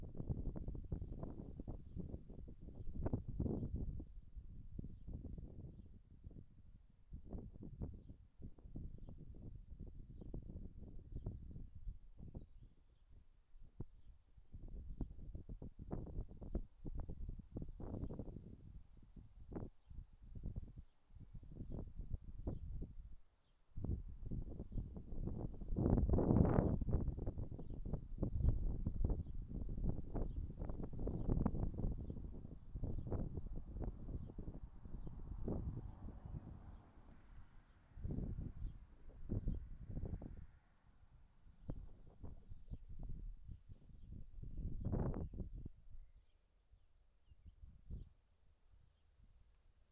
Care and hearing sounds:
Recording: everyday scene through a hearing-aid microphone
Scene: wind on the microphone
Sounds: wind, vehicle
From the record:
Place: in front of a rural house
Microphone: behind the ear, left, front

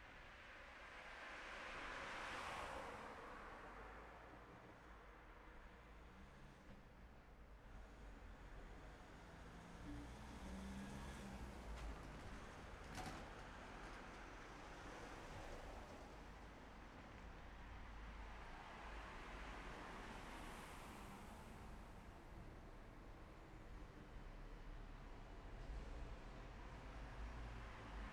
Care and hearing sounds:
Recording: everyday scene through a hearing-aid microphone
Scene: in traffic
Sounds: traffic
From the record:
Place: city secondary road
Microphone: behind the ear, left, front

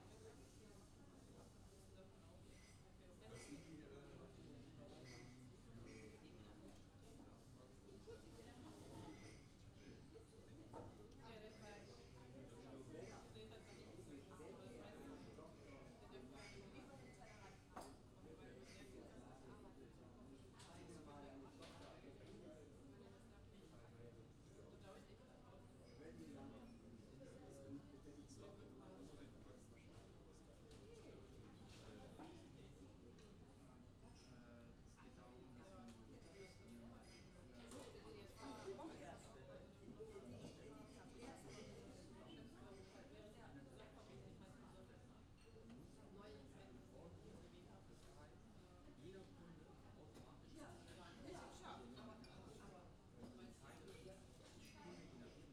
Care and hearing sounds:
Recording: everyday scene through a hearing-aid microphone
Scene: many people talking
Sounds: many voices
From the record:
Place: university cafeteria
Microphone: in the ear canal, left

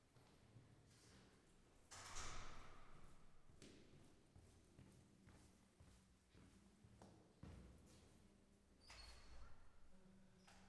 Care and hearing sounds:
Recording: everyday scene through a hearing-aid microphone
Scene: reverberant space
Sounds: speech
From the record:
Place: staircase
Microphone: behind the ear, left, rear

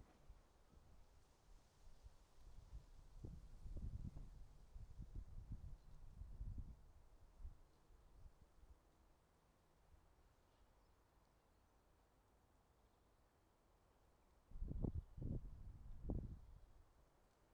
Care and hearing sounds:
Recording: everyday scene through a hearing-aid microphone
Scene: wind on the microphone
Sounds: wind, traffic, birds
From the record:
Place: suburban garden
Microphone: in the ear canal, right

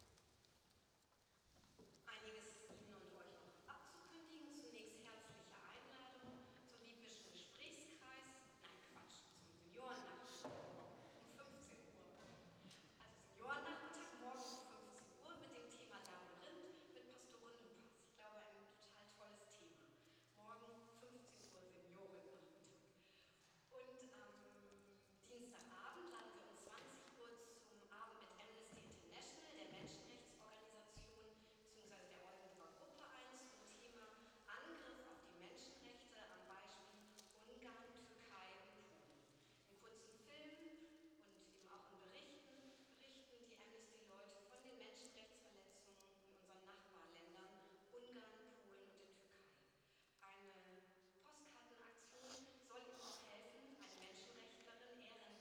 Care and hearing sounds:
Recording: everyday scene through a hearing-aid microphone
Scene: reverberant space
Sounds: speech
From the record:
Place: church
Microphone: in the ear canal, right

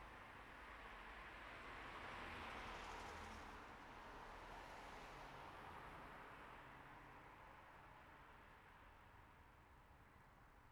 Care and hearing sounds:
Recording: everyday scene through a hearing-aid microphone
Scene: in traffic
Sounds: traffic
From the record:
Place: city secondary road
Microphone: behind the ear, right, rear

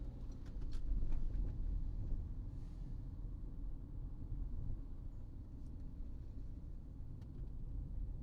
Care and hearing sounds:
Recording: everyday scene through a hearing-aid microphone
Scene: in a vehicle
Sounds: engine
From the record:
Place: Berlingo II, diesel engine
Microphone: in the ear canal, right

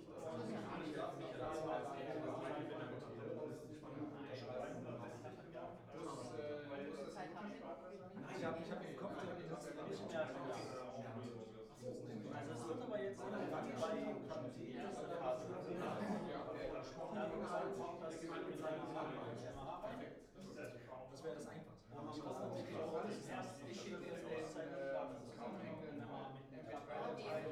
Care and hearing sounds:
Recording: everyday scene through a hearing-aid microphone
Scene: many people talking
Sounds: many voices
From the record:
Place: bistro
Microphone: behind the ear, right, front

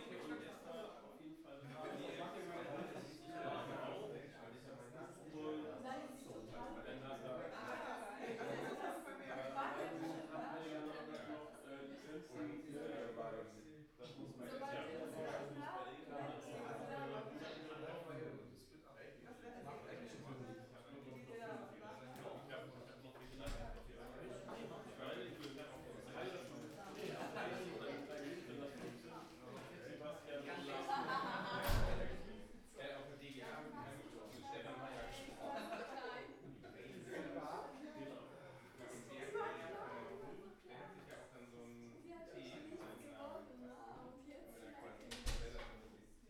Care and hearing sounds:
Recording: everyday scene through a hearing-aid microphone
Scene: many people talking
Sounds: many voices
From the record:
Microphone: behind the ear, right, rear

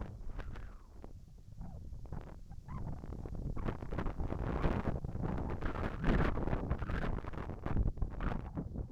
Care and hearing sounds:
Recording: everyday scene through a hearing-aid microphone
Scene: wind on the microphone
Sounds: wind, whistling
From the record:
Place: in front of a rural house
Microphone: behind the ear, right, front

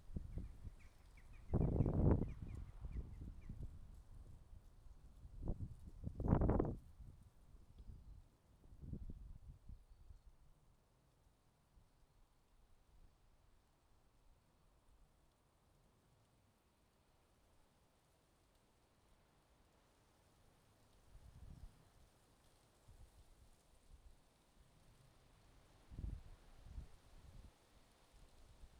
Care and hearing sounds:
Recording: everyday scene through a hearing-aid microphone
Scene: wind on the microphone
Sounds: wind, traffic, birds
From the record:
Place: suburban garden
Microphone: in the ear canal, left

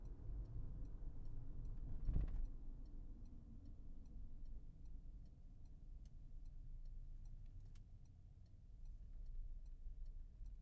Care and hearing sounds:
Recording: everyday scene through a hearing-aid microphone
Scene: in a vehicle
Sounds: engine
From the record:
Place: Berlingo II, diesel engine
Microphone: behind the ear, left, front

